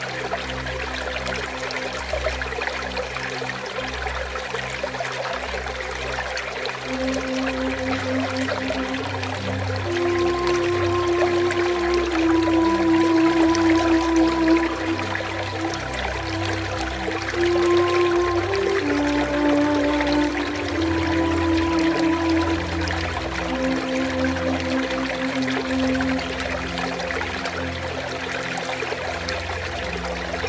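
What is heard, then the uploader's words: A water fountain runs without pause, a dense, even splashing wash from start to finish. Soft flute music plays over it, long held notes entering around seven seconds and gliding slowly through the middle stretch, with a low steady hum underneath. Water Fountain with Calming Flute Music.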